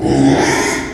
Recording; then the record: squeal of a Yucatan mini pig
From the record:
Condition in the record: after surgery on the right vocal fold (resection and tissue-engineered implant); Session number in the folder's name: 3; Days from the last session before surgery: 33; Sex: male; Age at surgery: 12 weeks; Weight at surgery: 13 kg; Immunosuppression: cyclosporine, prednisolone